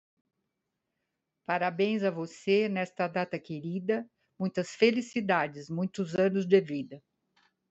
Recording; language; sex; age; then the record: short text; Brazilian Portuguese; female; 70 to 79 years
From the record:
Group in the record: control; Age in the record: 73 years